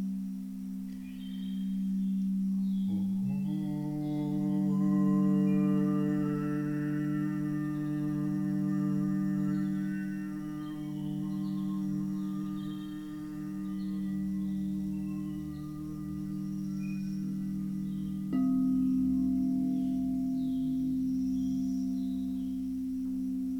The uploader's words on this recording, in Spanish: Un viaje entre cuencos y sus armonicos.